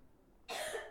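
After a half-second of near silence, a single abrupt, harsh, airy cough bursts out and fades over the next half second. It comes from a little distance, in the background of a quiet indoor room at home.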